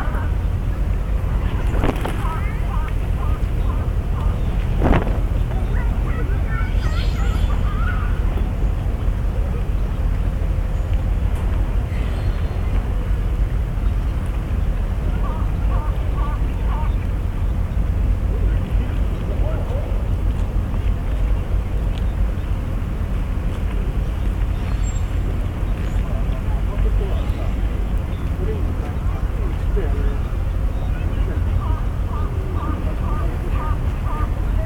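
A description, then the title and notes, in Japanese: Yokohama harbor, filled with a steady, heavy low rumble like engines and water traffic that holds an even level throughout. Short sharp knocks come near the start, and brief bursts of quick repeated chirps or beeps surface around 2, 15 and 33 seconds. とある日の横浜港。Mic: Mu6 Lifelike2。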